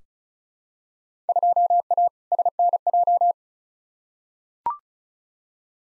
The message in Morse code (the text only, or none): 2A SNJ